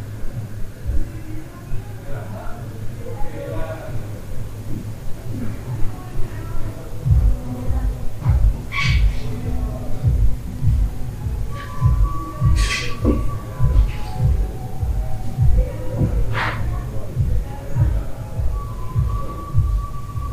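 Noises in a hostel room: a steady low hum runs throughout, with soft thumping pulses growing busier after about seven seconds. Faint voices murmur underneath, and sharp bright squeaks or clacks break through near 9, 12 and 16 seconds, along with brief high whistling tones.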